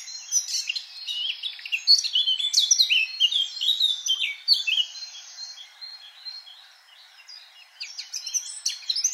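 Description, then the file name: Eurasian blackcap singing a long, jumbled warble of bright chirps and slurred notes, easing off near seven seconds before picking up again. "Sylvia atricapilla"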